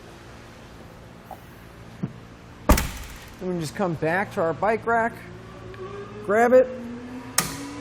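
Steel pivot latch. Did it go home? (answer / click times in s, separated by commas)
yes / 7.4 s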